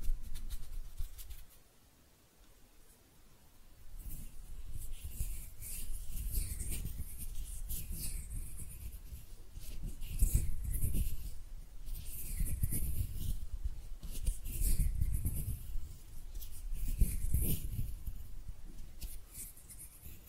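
Hand sounds: rubbing, brushing and scraping that swell and fade in repeated strokes about every two seconds, with soft low thumps under bright hissy sweeps. A brief near-quiet pause comes around two seconds in, then the motions continue steadily to the end.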